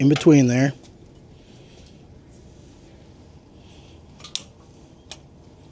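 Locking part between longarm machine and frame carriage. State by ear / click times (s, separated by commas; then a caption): seated / 4.3 s. Someone talks briefly, then after a quiet stretch a locking part fitted in between the longarm machine and its frame carriage locks in with a sharp click at 4.4 s. A fainter tick follows at 5.1 s, and the part is seated and locked in.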